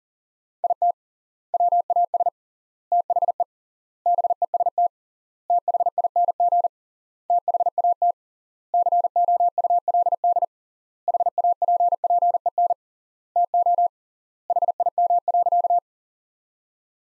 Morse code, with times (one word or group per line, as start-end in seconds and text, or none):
0.6-0.9 IT
1.5-2.3 WAS
2.9-3.4 THE
4.1-4.9 BEST
5.5-6.7 THING
7.3-8.1 THAT
8.7-10.4 COULD
11.1-12.7 HAPPEN
13.4-13.9 TO
14.5-15.8 HIM.